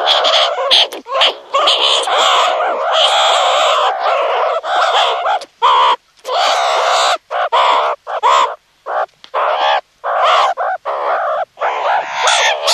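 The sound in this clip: Meerkat continuous harsh chattering with overlapping raspy calls, pausing only briefly now and then.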